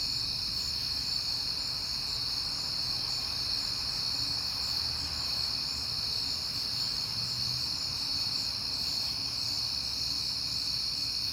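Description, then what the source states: Cricket: unbroken shrill trilling of crickets, level throughout, over a faint deep rumble. Crickets on a peaceful night in September, with passing cars.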